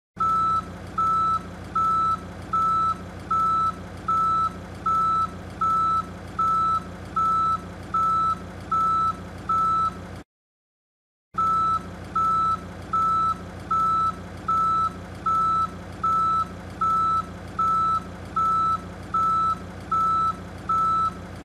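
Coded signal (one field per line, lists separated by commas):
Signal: alarm pattern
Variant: forklift reversing alarm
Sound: steady repeating high beeps about twice per second over low engine rumble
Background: engine rumble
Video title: Forklift Reversing Beeps Sound Effect Free Download MP3 | Pure Sound Effect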